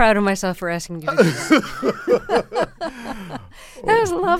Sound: laughter

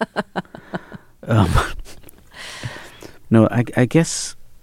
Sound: laughs

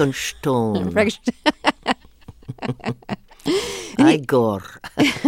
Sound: laughter

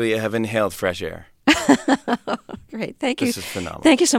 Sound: soundbite of laughter

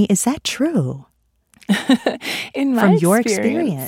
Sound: laughter

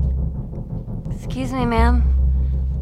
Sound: soundbite of knocking door

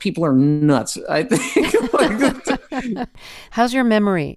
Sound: laughter

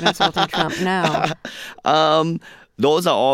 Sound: laughter

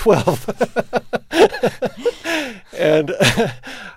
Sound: soundbite of laughter

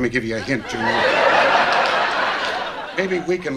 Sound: laughter

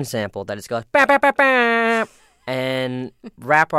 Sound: soundbite of horn impersonation

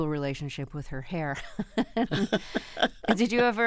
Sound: laughter

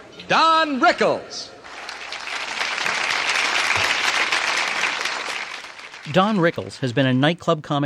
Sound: soundbite of applause

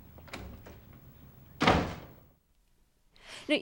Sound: soundbite of door slamming

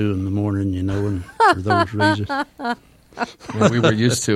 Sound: soundbite of laughter

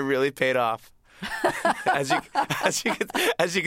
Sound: laughter

